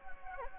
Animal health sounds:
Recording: mosquito wingbeat signal from an infrared sensor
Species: Anopheles gambiae

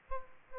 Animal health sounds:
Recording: mosquito wingbeat signal from an infrared sensor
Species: Aedes aegypti

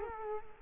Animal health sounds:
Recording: mosquito wingbeat signal from an infrared sensor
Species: Culex quinquefasciatus

